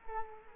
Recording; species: mosquito wingbeat signal from an infrared sensor; Culex quinquefasciatus